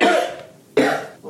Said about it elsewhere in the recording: After 10 days had passed and I was still in bed. You can hear me coughing out there. I'm doing so much better, though.